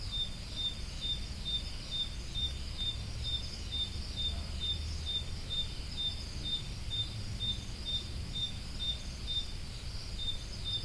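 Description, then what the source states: Cricket giving regular short high chirps, about two per second, steady throughout against a broad low rumble. Crickets recorded at Roodekopjes.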